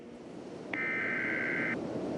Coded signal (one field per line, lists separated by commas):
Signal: Emergency Alert System (SAME) tones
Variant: header bursts